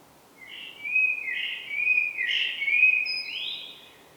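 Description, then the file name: Common blackbird delivering a long, varied fluted phrase of rolling whistled notes, with a short higher twitter near the close, over soft steady hiss. "Turdus merula"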